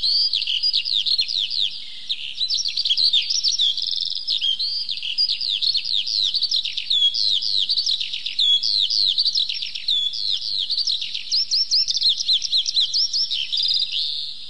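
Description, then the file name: Eurasian skylark song in a long run of dense, very high twittering and rolling notes that continue almost without a gap. "zhavoronok polevoy"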